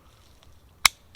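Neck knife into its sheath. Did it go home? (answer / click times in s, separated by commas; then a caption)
yes / 0.9 s. A neck knife is pushed back into its sheath, giving one loud, sharp click at 0.9 s against near silence, with a couple of faint small ticks before and after. The knife clicks in firmly and is seated in the sheath.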